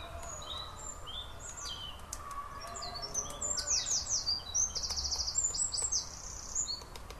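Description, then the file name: Eurasian wren song, a fast run of high trilled and rattling notes, growing louder after about three seconds, over faint background noise. "Winterkoning - Troglodytes troglodytes"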